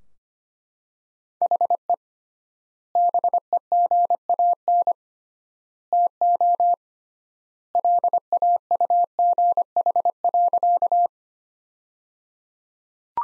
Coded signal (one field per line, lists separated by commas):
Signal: Morse code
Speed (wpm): 25 wpm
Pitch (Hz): 700 Hz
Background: none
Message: HE BEGAN TO LAUGH.